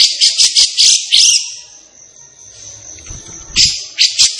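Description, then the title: Grey-cheeked bulbul delivering rapid grating notes, pausing for about two seconds with faint low thumps, then resuming the rasping chatter over a high whine. Captive bird singing energetically; recording used for tutoring other captive birds (masteran). "Cucak Jenggot Gacor. Cucak Jenggot Emosi Untuk Masteran"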